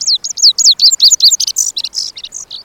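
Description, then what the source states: Lazuli Bunting song: a quick run of high, bright down-slurred notes, then buzzier, clipped phrases. Found in summer in the brushy canyons of the West.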